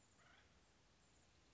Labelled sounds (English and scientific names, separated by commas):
Acorn Woodpecker (Melanerpes formicivorus)